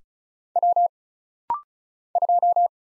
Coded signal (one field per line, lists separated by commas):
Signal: Morse code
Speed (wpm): 36 wpm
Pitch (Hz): 700 Hz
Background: none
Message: W 2